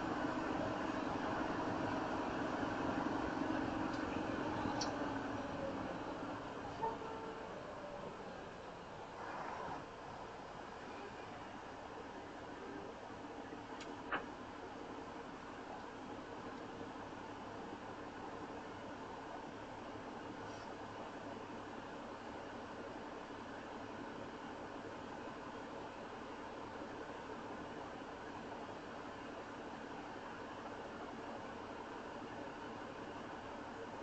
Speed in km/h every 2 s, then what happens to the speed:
64, 64, 61, 48, 34, 11, 10, 3, 2, 2, 0, 0, 0, 0, 0, 0, 0.
0-16 brakes to 2. 16-34 standing.